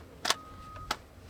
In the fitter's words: locks into place really easy